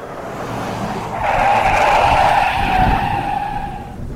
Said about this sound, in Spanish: La brusquedad del frenazo casi le hizo perder el control del vehículo.